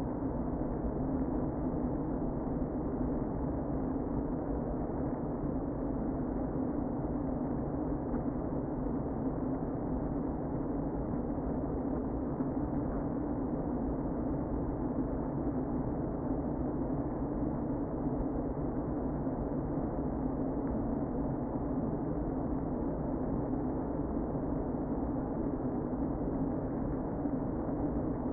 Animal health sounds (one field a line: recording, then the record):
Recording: honeybee colony, microphone inside the hive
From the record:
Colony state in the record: queen present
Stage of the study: before two queens were removed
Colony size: about 60,000 bees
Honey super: yes